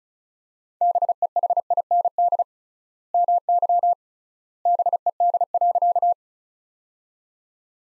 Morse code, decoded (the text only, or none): BEHIND MY BED.